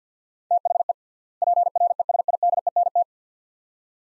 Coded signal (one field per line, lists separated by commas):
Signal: Morse code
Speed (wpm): 50 wpm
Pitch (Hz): 700 Hz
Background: none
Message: THE PRESIDENT